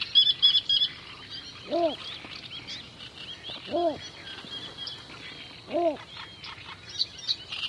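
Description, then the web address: Bittern giving three deep, arched hoots spaced roughly two seconds apart while small birds chirp and chatter throughout. "animal-sound bittern-sound"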